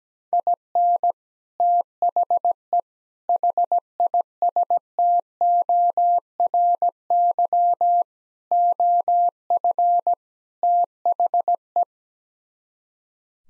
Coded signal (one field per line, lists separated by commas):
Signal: Morse code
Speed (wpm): 17 wpm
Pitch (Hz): 700 Hz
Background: none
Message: IN THE HISTORY OF THE